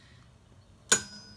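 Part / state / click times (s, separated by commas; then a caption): torque wrench on wheel lug nut / torque reached / 0.9 s. A click-type torque wrench tightens the next wheel lug nut during a tire rotation on a 2007 Honda Odyssey until it clicks. After near silence, a single sharp metallic click comes at 0.9 s, followed by a brief high-pitched ringing that fades out. The click confirms that the lug nut has reached its set torque.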